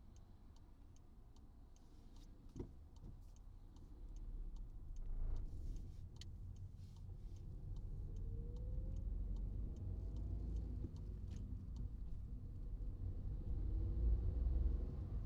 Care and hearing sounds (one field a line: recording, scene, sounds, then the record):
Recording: everyday scene through a hearing-aid microphone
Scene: in a vehicle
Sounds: engine, traffic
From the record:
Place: Skoda Fabia, gasoline engine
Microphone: in the ear canal, right